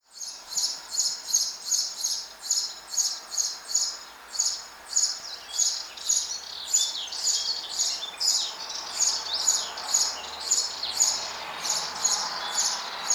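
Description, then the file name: House sparrow giving a fast, steady series of sharp chirps, continuing throughout with little variation, over a soft background hiss. "Passer domesticus"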